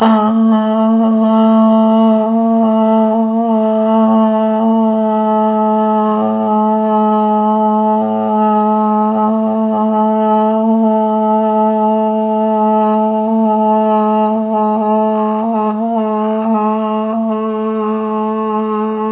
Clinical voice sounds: sustained vowel /a/; female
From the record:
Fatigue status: fatigue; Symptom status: symptomatic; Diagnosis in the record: COVID-19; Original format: 3gp

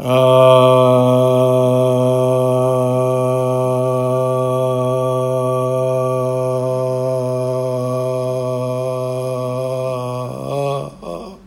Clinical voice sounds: sustained vowel /a/; male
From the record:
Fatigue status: no fatigue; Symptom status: asymptomatic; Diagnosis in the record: COVID-19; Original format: m4a

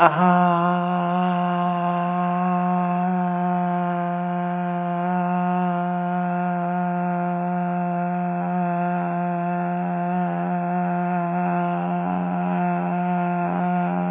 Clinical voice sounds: sustained vowel /a/; female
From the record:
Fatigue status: fatigue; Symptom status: symptomatic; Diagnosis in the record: COVID-19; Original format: 3gp

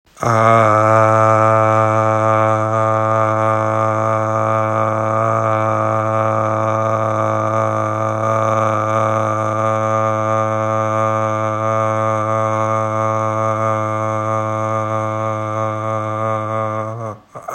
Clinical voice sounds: sustained vowel /a/; male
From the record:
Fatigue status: fatigue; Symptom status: symptomatic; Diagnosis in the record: COVID-19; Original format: m4a

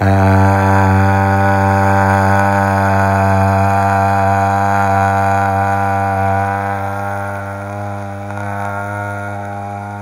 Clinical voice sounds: sustained vowel /a/; male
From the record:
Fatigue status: no fatigue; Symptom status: asymptomatic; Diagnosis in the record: COVID-19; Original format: m4a

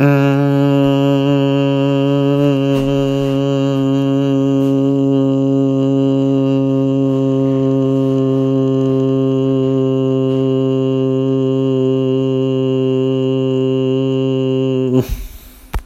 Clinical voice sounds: sustained vowel /a/; male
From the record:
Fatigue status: fatigue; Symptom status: symptomatic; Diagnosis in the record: COVID-19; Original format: m4a

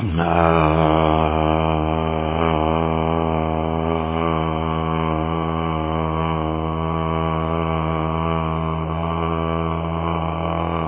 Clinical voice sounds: sustained vowel /a/; male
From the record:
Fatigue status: no fatigue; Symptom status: asymptomatic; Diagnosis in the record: COVID-19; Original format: 3gp

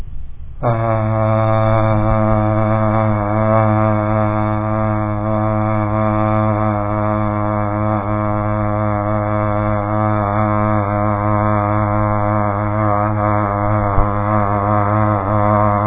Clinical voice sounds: sustained vowel /a/; male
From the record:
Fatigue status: no fatigue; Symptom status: symptomatic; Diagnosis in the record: COVID-19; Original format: 3gp

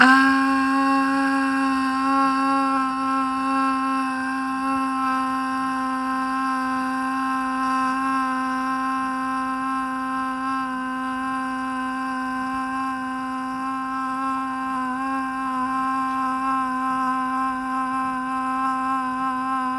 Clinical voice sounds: sustained vowel /a/; female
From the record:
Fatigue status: fatigue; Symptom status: symptomatic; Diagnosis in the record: COVID-19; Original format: m4a

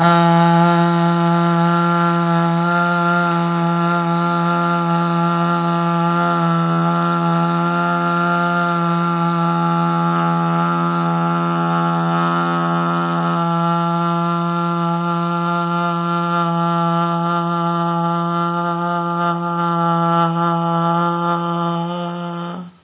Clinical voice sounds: sustained vowel /a/; female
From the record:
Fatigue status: no fatigue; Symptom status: symptomatic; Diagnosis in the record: COVID-19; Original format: 3gp

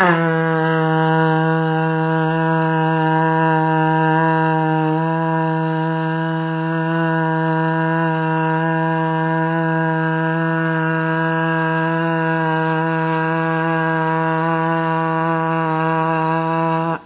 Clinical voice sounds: sustained vowel /a/; female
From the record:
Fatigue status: no fatigue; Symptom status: symptomatic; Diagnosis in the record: COVID-19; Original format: 3gp

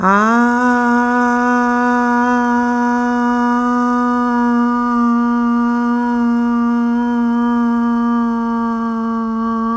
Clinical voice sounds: sustained vowel /a/; female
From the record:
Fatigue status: no fatigue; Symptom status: asymptomatic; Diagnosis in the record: COVID-19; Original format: m4a

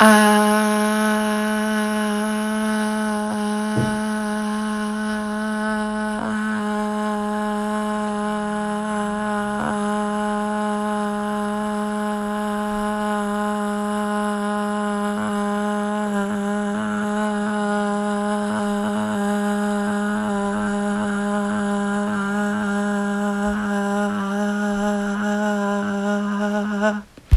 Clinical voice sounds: sustained vowel /a/; female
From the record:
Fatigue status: fatigue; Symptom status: symptomatic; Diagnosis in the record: COVID-19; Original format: m4a

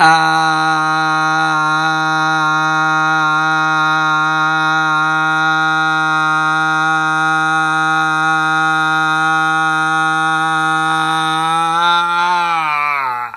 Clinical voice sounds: sustained vowel /a/; male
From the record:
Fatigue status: no fatigue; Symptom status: asymptomatic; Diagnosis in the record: COVID-19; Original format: m4a

